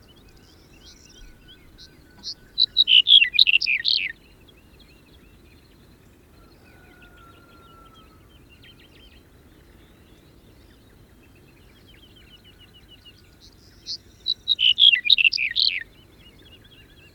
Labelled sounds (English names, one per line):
Black-headed Bunting song